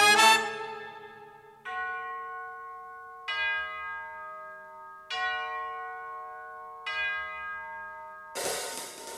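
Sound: church bells ringing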